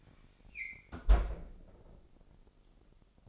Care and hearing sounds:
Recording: daily activity, microphone in the room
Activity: close fridge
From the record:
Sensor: 5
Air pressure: 995.3 hPa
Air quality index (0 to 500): 87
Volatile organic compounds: 4 ppm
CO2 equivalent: 1619 ppm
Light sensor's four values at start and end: 37/89/36/37 and 35/85/34/35

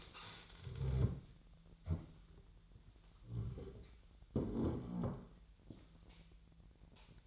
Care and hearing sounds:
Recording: daily activity, microphone in the room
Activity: stand up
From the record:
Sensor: 3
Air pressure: 1001.5 hPa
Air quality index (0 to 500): 247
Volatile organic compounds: 139 ppm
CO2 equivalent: 3974 ppm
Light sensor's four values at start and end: 14/33/14/14 and 9/21/9/9

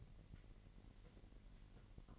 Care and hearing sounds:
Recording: daily activity, microphone in the room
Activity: take from stove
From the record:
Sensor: 4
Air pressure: 1012.8 hPa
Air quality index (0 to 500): 239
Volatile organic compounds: 4 ppm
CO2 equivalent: 1593 ppm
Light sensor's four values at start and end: 30/71/29/29 and 29/69/28/29

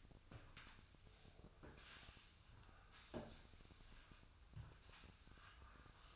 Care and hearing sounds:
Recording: daily activity, microphone in the room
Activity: sweep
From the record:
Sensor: 2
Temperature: 24.0 degrees Celsius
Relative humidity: 35.5%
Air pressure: 1004.6 hPa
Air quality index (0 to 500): 91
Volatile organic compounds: 2 ppm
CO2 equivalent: 1097 ppm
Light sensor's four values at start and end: 6/15/6/6 and 6/14/6/6

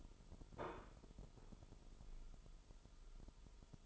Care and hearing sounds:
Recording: daily activity, microphone in the room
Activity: place plate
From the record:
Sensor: 5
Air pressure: 988.7 hPa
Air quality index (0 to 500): 237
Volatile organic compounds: 203 ppm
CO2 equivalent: 4222 ppm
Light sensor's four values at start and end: 40/125/48/51 and 40/125/48/51

